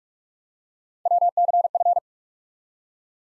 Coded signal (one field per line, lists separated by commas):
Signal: Morse code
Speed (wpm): 47 wpm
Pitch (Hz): 700 Hz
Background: none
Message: WCF